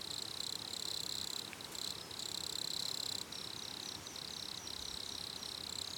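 Cricket singing an almost continuous high pulsed trill with brief breaks, buzzy and even, over a constant soft hiss.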